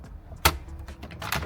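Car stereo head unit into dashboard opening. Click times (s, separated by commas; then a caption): 0.5 s. An aftermarket car stereo head unit is pushed into the dash opening of a 2015–2019 Toyota Hilux with its cables guided behind it. Its plastic clips engage with one loud, sharp snap at 0.5 s, followed by quieter rustling and handling noises around 1.2–1.3 s. The unit is seated and secure in the dash.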